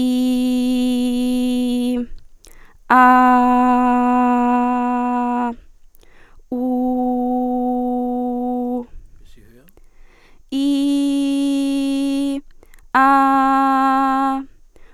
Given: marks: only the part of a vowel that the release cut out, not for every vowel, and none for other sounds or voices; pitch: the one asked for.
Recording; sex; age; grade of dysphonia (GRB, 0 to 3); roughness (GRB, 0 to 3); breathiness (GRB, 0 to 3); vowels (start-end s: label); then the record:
sustained vowels; female; 20 to 29 years; 0; 0; 0
0.00-1.85 s: vowel /i/, normal pitch
3.16-5.15 s: vowel /a/, normal pitch
6.67-8.63 s: vowel /u/, normal pitch
10.64-12.24 s: vowel /i/, high pitch
13.01-14.30 s: vowel /a/, high pitch
From the record:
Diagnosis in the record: healthy voice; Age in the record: 20 years